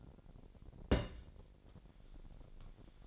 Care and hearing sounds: daily activity, microphone in the room; place on stove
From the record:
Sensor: 5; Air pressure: 1012.1 hPa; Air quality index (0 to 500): 234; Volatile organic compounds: 4 ppm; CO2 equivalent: 1555 ppm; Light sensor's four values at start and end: 52/117/50/55 and 52/117/50/55

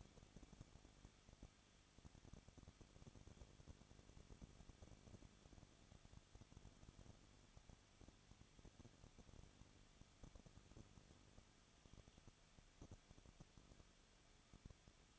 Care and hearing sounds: daily activity, microphone in the room; no activity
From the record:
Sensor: 4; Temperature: 23.0 degrees Celsius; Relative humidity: 34.4%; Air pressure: 1007.4 hPa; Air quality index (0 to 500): 212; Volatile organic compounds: 14 ppm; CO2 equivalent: 2442 ppm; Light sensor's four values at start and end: 2/3/1/1 and 2/3/1/1

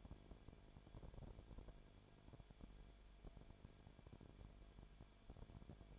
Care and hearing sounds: daily activity, microphone in the room; no activity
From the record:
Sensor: 5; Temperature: 19.8 degrees Celsius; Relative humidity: 33.3%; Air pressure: 1001.4 hPa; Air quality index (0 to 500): 31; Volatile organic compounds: 1 ppm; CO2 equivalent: 524 ppm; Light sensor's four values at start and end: 2/3/1/1 and 2/3/1/1

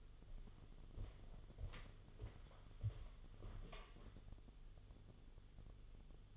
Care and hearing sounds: daily activity, microphone in the room; walk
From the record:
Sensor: 4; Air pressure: 1016.2 hPa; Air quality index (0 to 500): 168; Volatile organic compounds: 6 ppm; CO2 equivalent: 1916 ppm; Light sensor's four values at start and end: 10/22/9/8 and 10/22/9/8

